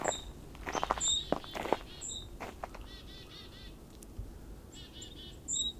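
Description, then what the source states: Golden-crowned Kinglet calls: very high, thin, brief notes repeated several times, with other buzzier calls and footsteps. Right in front of the recordist in winter; gives a very high-pitched ring call, sometimes a three-ring call.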